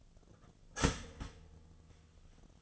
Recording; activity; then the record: daily activity, microphone in the room; start toaster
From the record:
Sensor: 4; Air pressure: 1010.1 hPa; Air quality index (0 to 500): 181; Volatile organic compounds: 5 ppm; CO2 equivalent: 1826 ppm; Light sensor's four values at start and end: 23/69/27/27 and 23/68/27/27